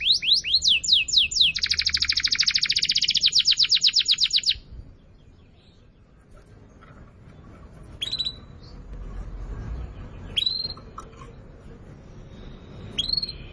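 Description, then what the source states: Atlantic canary song: a fast rolling trill of evenly repeated notes for about four seconds, followed by a few sparse chirps. Canary song used as a lure to attract birds.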